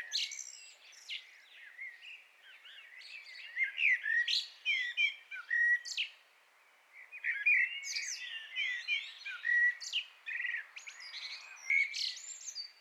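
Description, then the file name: Common blackbird song, a busy stretch of fluty warbled phrases mixed with high squeaky twitters, with a short pause midway. "Turdus merula"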